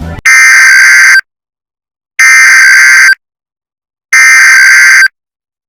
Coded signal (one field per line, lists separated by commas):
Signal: Emergency Alert System (SAME) tones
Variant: header bursts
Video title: *VALID EAS TONES* WIP EAS Scenario